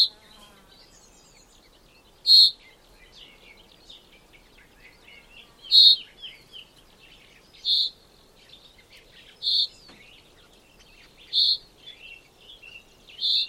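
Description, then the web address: Common chaffinch calling: several sharp, piercing notes, most about two seconds apart, with soft twitters in between. "Deverinetal 2025 File origin Bird Only Fr Co"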